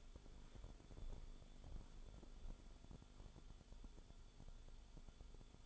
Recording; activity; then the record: daily activity, microphone in the room; walk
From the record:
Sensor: 5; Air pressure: 1015.4 hPa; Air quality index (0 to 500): 177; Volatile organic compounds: 6 ppm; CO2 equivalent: 1924 ppm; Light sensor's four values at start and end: 41/93/38/38 and 40/93/38/38